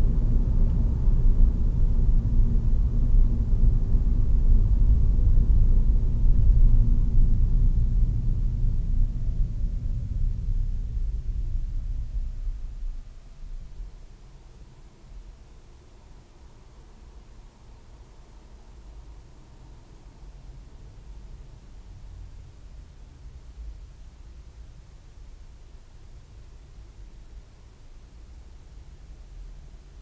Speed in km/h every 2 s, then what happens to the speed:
29, 29, 38, 29, 16, 5, 0, 0, 0, 0, 0, 0, 0, 0, 0.
0-5 speeds up to 38. 5-11 brakes to 0. 11-30 standing.